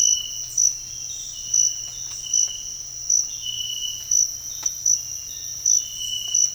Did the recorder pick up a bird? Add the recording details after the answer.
no. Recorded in dense forest near Puerto Asís, Putumayo, Colombia, on 13 March 2025 at 06:30. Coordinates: 0.484, -76.325. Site G045